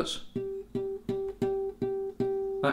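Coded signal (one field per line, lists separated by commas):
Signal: none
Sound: guitar harmonic notes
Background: speech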